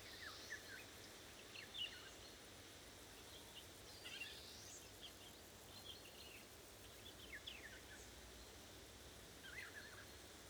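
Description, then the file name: Eurasian golden oriole uttering scattered quick whistled and falling notes and a rough, scratchy screech, with hiss behind. More than one oriole, calling to one another. "golden orioles talk"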